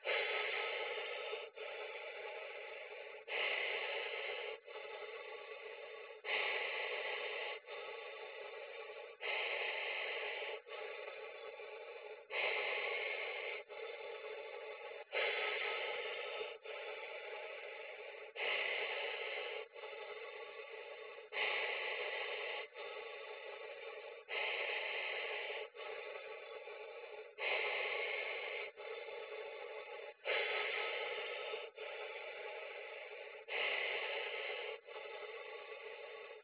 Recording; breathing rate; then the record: paced breathing near a phone; 20 breaths a minute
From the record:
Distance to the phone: 20 cm